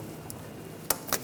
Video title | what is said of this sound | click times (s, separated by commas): How to Replace Engine Water Pump Kit 2009-2013 BMW 328i xDrive 3.0L L6 | there lock that in place | 0.9 s